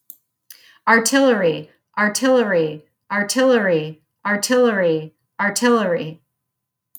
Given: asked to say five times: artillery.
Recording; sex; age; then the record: repeated word; female; 30 to 39 years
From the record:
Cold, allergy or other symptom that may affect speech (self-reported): no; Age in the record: 39 years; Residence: Florida, United States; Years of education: 18